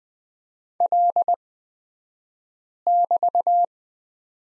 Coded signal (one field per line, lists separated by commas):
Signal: Morse code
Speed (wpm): 20 wpm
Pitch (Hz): 700 Hz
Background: none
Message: L<BT>